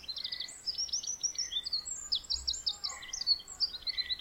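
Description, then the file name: Eurasian wren singing rapid, high, tinkling trills and chattering note runs, phrases following closely one after another, with a few lower squeaky notes beneath. "Troglodytes troglodytes"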